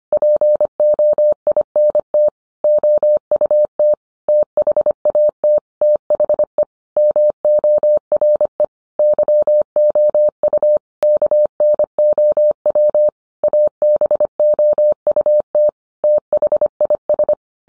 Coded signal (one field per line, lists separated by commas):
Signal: Morse code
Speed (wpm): 25 wpm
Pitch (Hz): 600 Hz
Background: none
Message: POINT OUT THAT THE MORE YOU KNOW ABOUT THIS